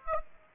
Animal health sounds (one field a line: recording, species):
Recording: mosquito wingbeat signal from an infrared sensor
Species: Aedes aegypti